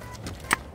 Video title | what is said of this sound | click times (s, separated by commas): On The Job WIth Public Safety - Hydrants, Doors & Ladders | and once you hear the clicks when you turn it | 0.3 s, 0.5 s